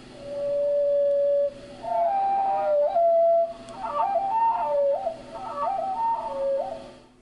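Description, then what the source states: Hermit thrush song played slowed down: one long steady whistled note, then higher fluttering phrases that rise and fall in loops. Song slowed to quarter speed.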